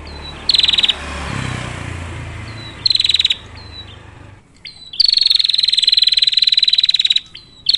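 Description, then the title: Prinia giving loud, rapid buzzy rattles at a high pitch, bursts from about half a second to over two seconds long, with short thin whistled notes between them over a soft background hiss. Female prinia singing a continuous rolling song, used as a lure to prompt quiet prinias to call and as a training model for other birds. "Prenjak Betina Gacor Ngerol. Cocok Buat pancingan Prenjak susah bunyi, maupun masteran Burung Lain."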